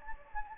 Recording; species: mosquito wingbeat signal from an infrared sensor; Anopheles gambiae